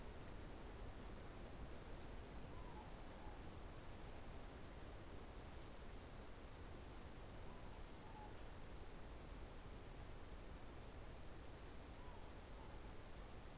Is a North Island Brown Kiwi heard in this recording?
no